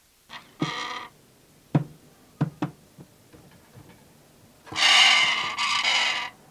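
Pesquet's parrot giving a short harsh call and scattered dry clicks, then two long harsh grating screeches at the end.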